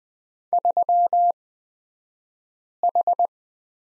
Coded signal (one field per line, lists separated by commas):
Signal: Morse code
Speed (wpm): 20 wpm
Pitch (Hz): 700 Hz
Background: none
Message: 3H